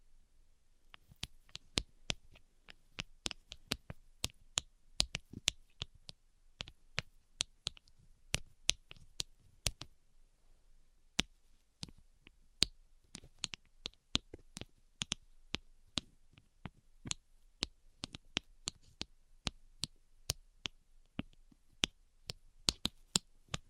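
Tapping throughout, with sharp, bright clicks arriving in quick, irregular clusters from about the first second to the end. The taps vary in loudness, some crisp and strong, others soft, with short pauses between bursts over a faint low hum.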